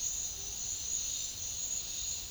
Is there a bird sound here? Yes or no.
no